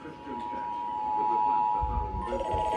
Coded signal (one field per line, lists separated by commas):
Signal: Emergency Alert System (SAME) tones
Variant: 853 and 960 Hz attention tone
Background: speech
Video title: Morning Monthlies - EAS Tests From 2/21/25 (EAS #3381-3389)